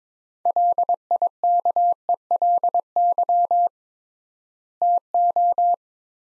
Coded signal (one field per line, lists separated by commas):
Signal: Morse code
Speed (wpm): 22 wpm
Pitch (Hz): 700 Hz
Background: none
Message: LIKELY TO